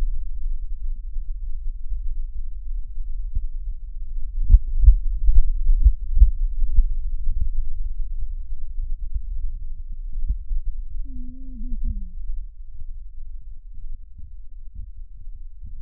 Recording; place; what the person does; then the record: lung sounds by stethoscope; right posterior basal chest; quiet breathing, then cough and speech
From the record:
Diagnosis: interstitial lung disease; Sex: male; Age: 47 years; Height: 159 cm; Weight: 66.8 kg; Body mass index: 26.4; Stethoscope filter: bell mode